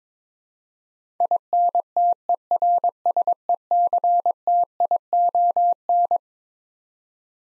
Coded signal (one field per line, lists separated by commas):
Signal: Morse code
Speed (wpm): 21 wpm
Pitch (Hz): 700 Hz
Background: none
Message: INTERSECTION